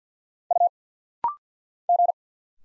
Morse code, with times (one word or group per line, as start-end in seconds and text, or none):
0.5-0.7 U
1.9-2.1 G